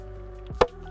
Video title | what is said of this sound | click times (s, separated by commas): 2025 Walkthrough - H22 - Heyday Wake Boats | and it snaps into place and then after that all you do is reach down | 0.6 s